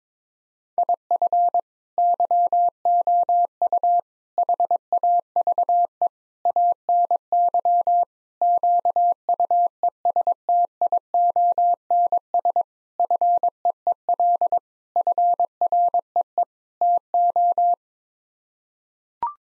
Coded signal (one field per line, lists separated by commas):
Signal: Morse code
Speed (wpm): 21 wpm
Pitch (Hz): 700 Hz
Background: none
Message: IF YOU HAVE ANY QUESTIONS FEEL FREE TO